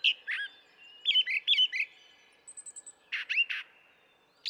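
Brown thrasher delivering varied slurred and chirping phrases, including a quick run of short repeated notes, with brief pauses.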